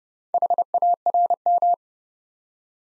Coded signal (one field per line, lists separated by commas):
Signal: Morse code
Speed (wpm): 30 wpm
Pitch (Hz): 700 Hz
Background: none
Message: HARM